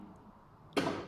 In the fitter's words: they hear the click